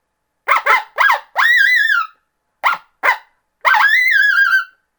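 Coyote calls: a few high yips leading into a wavering howl, then two more yips and a longer wavering howl.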